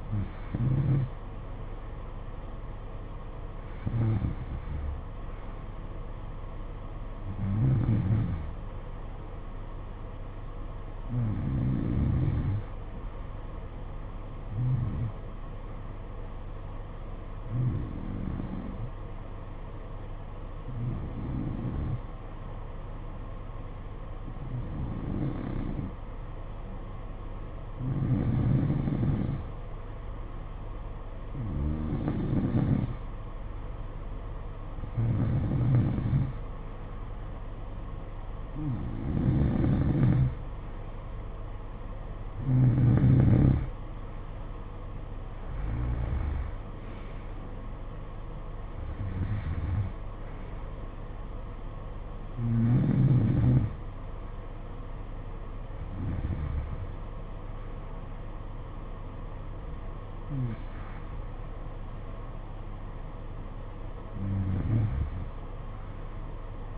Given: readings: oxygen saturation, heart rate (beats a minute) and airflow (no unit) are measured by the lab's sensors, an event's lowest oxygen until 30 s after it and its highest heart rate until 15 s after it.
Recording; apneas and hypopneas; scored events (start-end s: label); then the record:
breathing in sleep by a smartphone at the bedside; 1
7.00-37.00 s: new sleep stage, N2 (light sleep)
9.00-32.90 s: hypopnea (N2, oxygen 93% highest, then 90% lowest, heart rate 58 at the start, 63 highest)
37.00-66.78 s: new sleep stage, N3 (deep sleep)
From the record:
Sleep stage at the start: N3 (deep sleep); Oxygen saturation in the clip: 90 to 93%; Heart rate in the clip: 55 to 66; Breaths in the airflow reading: 19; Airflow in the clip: -11.6 to 8.1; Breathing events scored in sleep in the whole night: 476 in 9.7 hours asleep